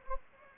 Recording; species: mosquito wingbeat signal from an infrared sensor; Anopheles gambiae